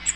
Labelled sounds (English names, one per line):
Cape May Warbler flight call